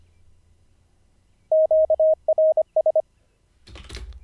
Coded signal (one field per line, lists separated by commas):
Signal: Morse code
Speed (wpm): 25 wpm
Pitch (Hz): 630 Hz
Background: none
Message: QRS